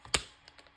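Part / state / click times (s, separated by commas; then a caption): magnet closure on a folded paper pop-up card / seated / 0.1 s. A folded paper/card pop-up is closed so that three small magnets meet through the thickness of the pages, giving a sharp snap at 0.2 s (0.15 s) as the magnetic closure shuts. A faint tap comes just before it, and a few softer light clicks follow around 0.5 to 0.7 s. The magnets still hold firmly shut despite the thickness of paper between them.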